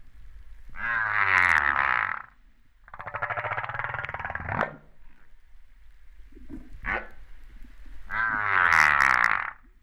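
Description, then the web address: Humpback whale calls, a sequence of harmonic wails and pulsed buzzy sounds separated by brief pauses, with a short upward sweep near the middle. Recorded at Réunion on 13 September 2011, about 08:35. "autres sons cetaces BB Reunion 13-09-2011"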